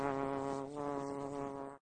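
Bee buzz, a steady low droning hum with rich harmonics, dipping slightly near the middle, then stopping abruptly at the end.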